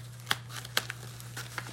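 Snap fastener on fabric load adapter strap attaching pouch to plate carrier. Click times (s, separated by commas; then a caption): 0.3 s, 0.8 s. Snap fasteners on the fabric strap of an AVS sub load adapter are pressed closed by hand, securing the pouch to a plate carrier vest. Sharp clicks are heard at 0.3 and 0.8 seconds, followed by softer ticks, over a steady low hum. The snaps are fully seated and the pouch is secured.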